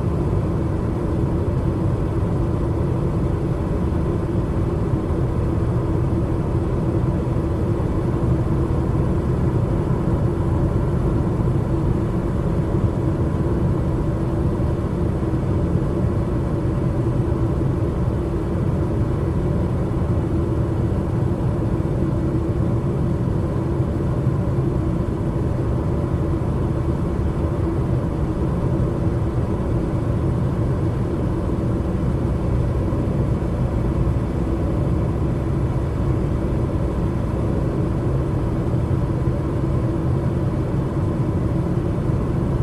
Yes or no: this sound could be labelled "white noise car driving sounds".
yes